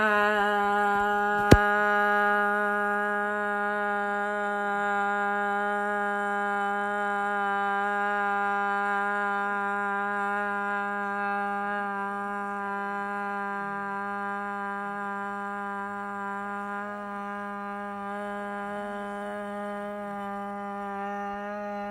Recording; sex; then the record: sustained vowel /a/; female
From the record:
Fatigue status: no fatigue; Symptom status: symptomatic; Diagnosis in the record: COVID-19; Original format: m4a